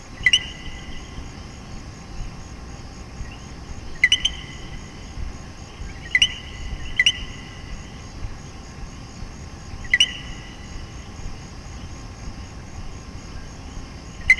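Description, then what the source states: Common coquí frogs giving two-note co-quí calls, a lower note then a higher one, several calls spaced irregularly over a steady high frog chorus. Puerto Rico; several coquí frogs.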